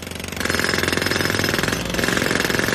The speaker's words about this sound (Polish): Słyszany w tle młot pneumatyczny jest tutaj tylko abstrakcyjnym skojarzeniem,